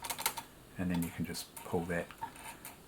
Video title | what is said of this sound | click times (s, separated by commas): Thrift Shop Find - Husqvarna Viking Practica Model 4010 Sewing Machine | making sure the needle's up and out of the plate there just pop that in and push it in until it clicks | 0.3 s